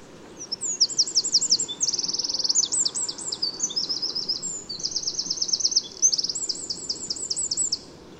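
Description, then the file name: Eurasian wren delivering a long, shrill song of quick warbled notes broken by dry, fast trills. "Troglodytes troglodytes"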